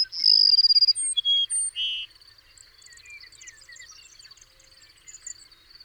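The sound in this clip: Bird song opening with a rapid high trill, then buzzy and whistled notes, followed by faint scattered background twittering.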